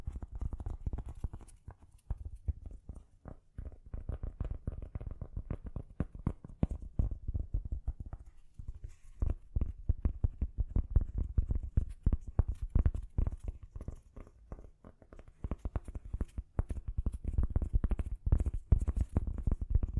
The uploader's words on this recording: ASMR Gently Tapping. (No Talking).